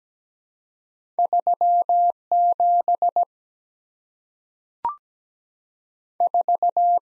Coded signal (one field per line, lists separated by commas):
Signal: Morse code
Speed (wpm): 17 wpm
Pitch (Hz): 700 Hz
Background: none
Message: 3 7 4